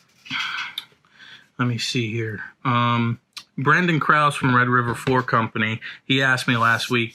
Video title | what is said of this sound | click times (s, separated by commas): American Sanders FloorCrafter Maintenance | and it'll click into place | 0.8 s